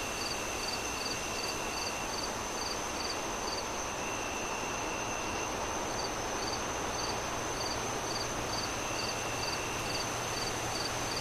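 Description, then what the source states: Crickets chirp in rapid regular pulses, pause briefly in the middle, then resume, all over a continuous blanket of wind noise. Crickets chirping at night as the moon rises, with wind howling through trees in gusts.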